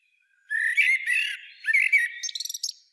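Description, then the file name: Common blackbird delivering one rich, fluty warbled phrase that breaks into a rapid series of squeaky high twittering notes at the end. "Turdus merula"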